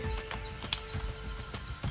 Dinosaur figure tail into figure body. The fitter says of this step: and finally the tail and it clicks right into the back